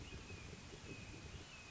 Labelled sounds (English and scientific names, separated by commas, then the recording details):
Red-shouldered Hawk (Buteo lineatus)
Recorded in Sonoma County, California